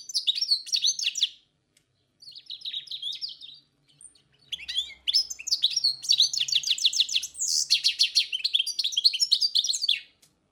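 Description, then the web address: Song thrush delivering varied phrases, ending in a long, rapid sequence of sharp repeated notes. Forest songbird. "Pevchie pticy lesa - Pevchij drozd"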